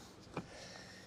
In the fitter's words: you've got it clicks into place it doesn't fall